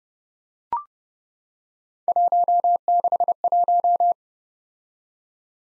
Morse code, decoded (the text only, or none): 161